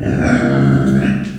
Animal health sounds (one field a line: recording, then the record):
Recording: squeal of a Yucatan mini pig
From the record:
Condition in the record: after surgery on the right vocal fold (resection and tissue-engineered implant)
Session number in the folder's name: 3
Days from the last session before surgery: 21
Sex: female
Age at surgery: 19 weeks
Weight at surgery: 25 kg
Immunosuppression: prednisolone